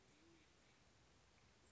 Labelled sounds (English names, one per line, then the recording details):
Band-tailed Pigeon
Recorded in Sonoma County, California